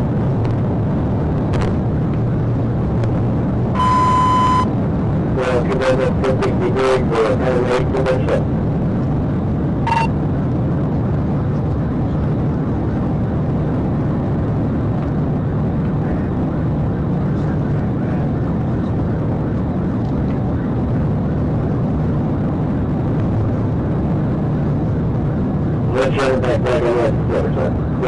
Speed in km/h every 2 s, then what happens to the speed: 195, 198, 201, 200, 196, 195, 196, 196, 193, 193, 193, 195, 192, 192.
0-5 speeds up to 201. 5-28 slows to 192.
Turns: none.